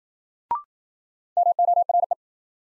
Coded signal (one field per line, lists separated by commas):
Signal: Morse code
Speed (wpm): 53 wpm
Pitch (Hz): 700 Hz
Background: none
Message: MORE